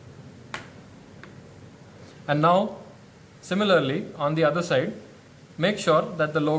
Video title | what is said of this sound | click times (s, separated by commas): Wipro 3D SafeShield - Assembly & Usage Tutorial | insert the straps into the guides provided along the sides of the harness and push down until they snap into place | 0.5 s